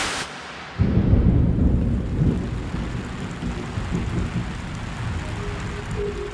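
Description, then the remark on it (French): Fine rain falling in the morning on Kampala, Uganda, a dense continuous patter and hiss with a low rumbling undertone that swells in after a brief quiet start. No voices. “Le lendemain matin, lundi 28 juin, une pluie fine s'abat sur Kampala, la capitale de l'Ouganda.”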